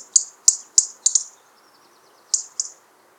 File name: Rotkehlchen Alarm